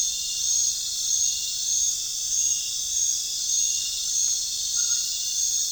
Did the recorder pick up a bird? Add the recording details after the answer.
no. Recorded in pastures near Puerto Asís, Putumayo, Colombia, on 22 June 2025 at 20:00. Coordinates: 0.466, -76.322. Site GP07